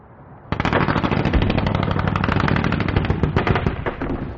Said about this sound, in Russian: Все побережье было залито пламенем, взрывами и алыми шапками магических вспышек. Грохот, выстрелы, боевые кличи и предсмертные хрипы.